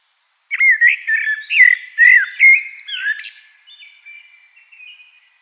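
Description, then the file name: Eurasian blackbird song: a clear fluted phrase of rising and falling notes, followed by a soft, thin, high twitter that trails away. "Turdus merula"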